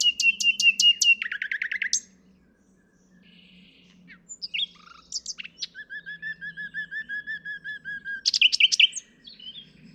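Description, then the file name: Common nightingale song: loud repeated chirps, a rapid series of lower notes, then a long steady run of whistled pulses and a sharp burst of trills near the end. "Luscinia megarhynchos"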